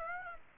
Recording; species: mosquito wingbeat signal from an infrared sensor; Aedes aegypti